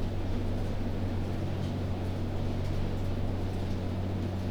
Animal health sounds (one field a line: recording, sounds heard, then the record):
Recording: poultry house recording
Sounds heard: no chicken sound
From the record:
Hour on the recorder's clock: 2